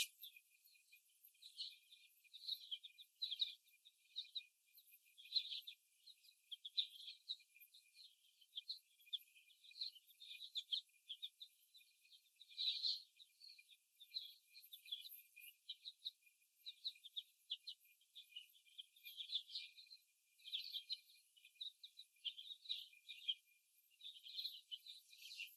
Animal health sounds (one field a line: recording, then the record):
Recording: young laying hens in a cage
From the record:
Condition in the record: after the stressor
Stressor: simulated dog barking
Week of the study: 1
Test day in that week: 1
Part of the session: 2